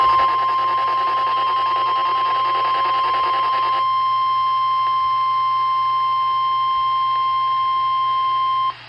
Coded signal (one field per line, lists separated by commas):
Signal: Emergency Alert System (SAME) tones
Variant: 1050 Hz attention tone